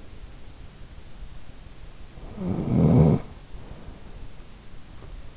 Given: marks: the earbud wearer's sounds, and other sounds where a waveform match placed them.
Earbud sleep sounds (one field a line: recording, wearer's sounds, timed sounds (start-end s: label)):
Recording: sounds in sleep by an in-ear microphone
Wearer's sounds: snoring breath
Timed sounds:
1.91-4.43 s: snoring breath